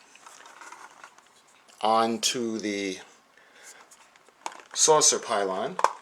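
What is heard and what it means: Someone talks while handling the plastic saucer section (primary hull) of a starship model over its pylon, with faint light taps and rustles and one sharper knock at 4.5 s. Nothing has seated or clicked yet; the saucer has not yet been pressed onto the pylon to click into place on both sides.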